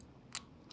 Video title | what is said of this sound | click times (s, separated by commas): BUILD GUIDE: Herja | let's just snaps in place now this can be glued | 0.4 s